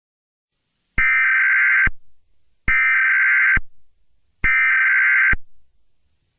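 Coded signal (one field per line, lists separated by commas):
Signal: Emergency Alert System (SAME) tones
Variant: header bursts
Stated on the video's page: A remastered fictional EAS scenario, not a real alert.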